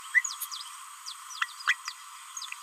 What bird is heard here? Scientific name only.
Forpus passerinus